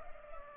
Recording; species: mosquito wingbeat signal from an infrared sensor; Culex pipiens